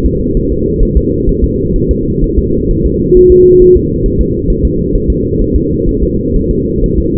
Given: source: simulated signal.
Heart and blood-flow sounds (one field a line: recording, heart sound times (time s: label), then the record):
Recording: fetal heart sounds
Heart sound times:
0.06 s: S2
0.37 s: S1
0.52 s: S2
0.83 s: S1
0.97 s: S2
1.29 s: S1
1.44 s: S2
1.76 s: S1
1.91 s: S2
2.24 s: S1
2.38 s: S2
2.71 s: S1
2.86 s: S2
3.17 s: S1
3.32 s: S2
3.62 s: S1
3.76 s: S2
4.06 s: S1
4.21 s: S2
4.50 s: S1
4.65 s: S2
4.95 s: S1
5.10 s: S2
5.42 s: S1
5.56 s: S2
5.89 s: S1
6.03 s: S2
6.36 s: S1
6.51 s: S2
6.84 s: S1
6.98 s: S2
From the record:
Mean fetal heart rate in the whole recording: 130 bpm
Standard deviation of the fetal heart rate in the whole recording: 4 bpm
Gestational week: 38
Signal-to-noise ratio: -14.7 dB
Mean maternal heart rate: 72 bpm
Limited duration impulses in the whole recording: present